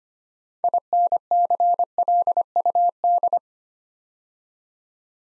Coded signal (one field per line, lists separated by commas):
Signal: Morse code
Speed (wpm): 25 wpm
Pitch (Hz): 700 Hz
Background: none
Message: INCLUD